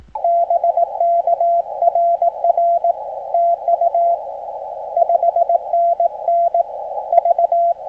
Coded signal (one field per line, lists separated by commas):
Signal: Morse code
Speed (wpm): 18 wpm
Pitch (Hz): 680 Hz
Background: radio noise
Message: BK RR TU 5NN V